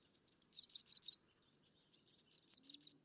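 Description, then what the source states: Red Warbler song: fast, high, twittering notes in two run-on phrases, each one to one and a half seconds long, separated by a brief pause. Recorded on a clear morning; sings February to May on sunny mornings, not when cloudy; endemic to humid pine, oak and fir forests of the Mexican highlands.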